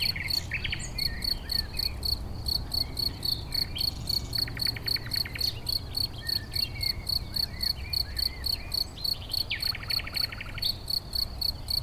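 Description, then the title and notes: Cricket chirps, several per second, while a bird sings buzzy trills and whistles over a constant low rumble. Edge of a meadow rich in crickets near Chindrieux, France; a nightingale sings in bushes about fifty metres away, west wind brings sound of motorcycles on the lake road. "271 Rue de Vars, 73310 Chindrieux, France - Grillons et rossignol. Au bord d'une prairie riche en grillons"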